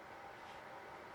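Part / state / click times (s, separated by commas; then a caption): cable connector into control board socket / not seated / none. A small plastic multi-pin wire connector is being lined up and pushed square into its socket on the control board of an Ortur Laser Master 2 Pro laser engraver. Only a steady broadband hiss with a faint hum is heard, with no distinct hit. The clip ends before the connector goes home, and nothing has seated or clicked yet.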